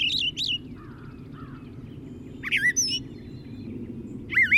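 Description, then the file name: Brown thrasher song: loud, varied whistled and buzzy phrases with gaps between them, over a steady low rumbling background noise. "suara-kicauan-brown-thrasher 5-omkicau"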